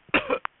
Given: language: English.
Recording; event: throat vibration sensor signal played as sound; cough